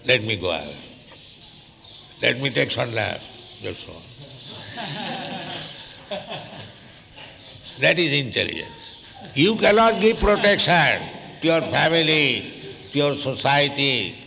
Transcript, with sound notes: Let me go away. Let me take sannyāsa. That's all." [laughter] That is intelligence. You cannot give protection to your family, to your society,